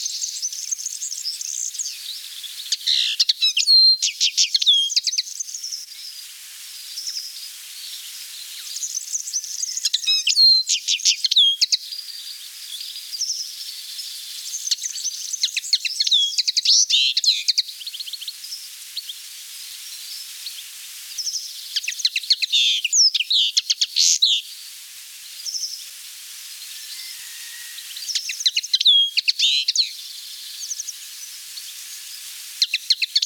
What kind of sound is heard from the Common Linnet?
song